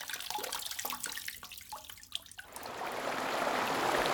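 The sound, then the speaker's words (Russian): Hand-washing laundry: water sloshes and drips in quick irregular splashes for a couple of seconds, then gives way to a steady, louder hiss of running water. “Например, если вы стираете что-то руками.”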